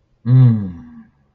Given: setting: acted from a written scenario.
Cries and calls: vocal sound without words; triumph

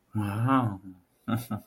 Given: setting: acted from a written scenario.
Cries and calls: vocal sound without words; awe

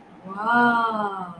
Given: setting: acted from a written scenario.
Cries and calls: vocal sound without words; embarrassment

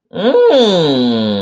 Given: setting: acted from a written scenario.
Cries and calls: vocal sound without words; positive surprise

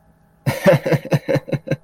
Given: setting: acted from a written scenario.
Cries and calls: vocal sound without words; amusement

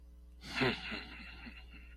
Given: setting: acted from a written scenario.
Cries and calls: vocal sound without words; contempt

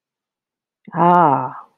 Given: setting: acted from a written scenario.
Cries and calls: vocal sound without words; realization

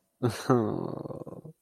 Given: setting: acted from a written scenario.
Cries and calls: vocal sound without words; shame

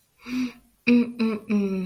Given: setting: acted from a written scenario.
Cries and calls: vocal sound without words; shame

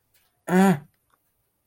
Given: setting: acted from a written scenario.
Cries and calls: vocal sound without words; distress

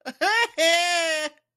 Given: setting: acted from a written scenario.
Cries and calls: vocal sound without words; elation

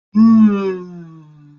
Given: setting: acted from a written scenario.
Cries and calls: vocal sound without words; contentment

